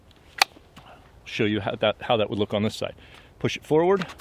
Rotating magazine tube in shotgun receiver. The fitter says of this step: and you'll lock into place show